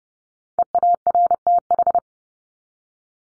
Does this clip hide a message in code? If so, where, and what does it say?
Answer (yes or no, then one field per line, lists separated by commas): yes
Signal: Morse code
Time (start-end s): 0.6-2.0 s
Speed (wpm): 30 wpm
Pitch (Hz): 700 Hz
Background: none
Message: EARTH